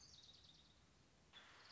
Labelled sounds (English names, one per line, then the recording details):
Orange-crowned Warbler
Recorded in Sonoma County, California